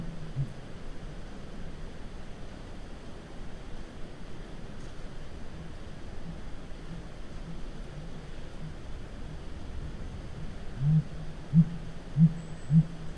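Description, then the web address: Blue grouse low hoots: a faint note early on, then four deep, muffled hoots spaced just over half a second apart near the end, over a constant low rumble. North America. "Songs of Birds of North America. Blue Grouse"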